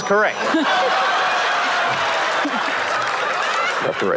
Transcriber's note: laughter, applause